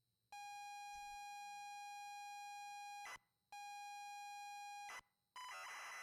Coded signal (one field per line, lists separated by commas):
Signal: ZX Spectrum tape loading